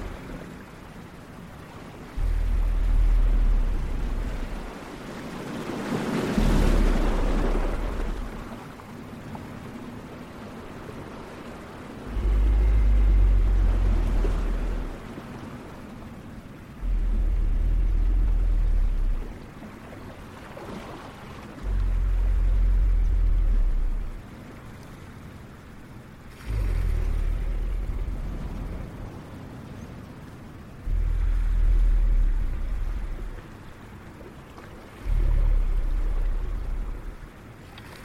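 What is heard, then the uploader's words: A soft, steady wash of ocean waves sits under deep, rumbling dragon breaths that swell and fade in blocks of two or three seconds, returning about every four to five seconds. A brighter rushing surge rises briefly near six seconds. Dragon's island ASMR ambience. Relaxing ocean wave with soft dragon sounds.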